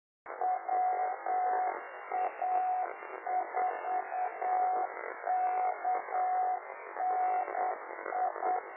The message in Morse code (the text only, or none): WA4KNI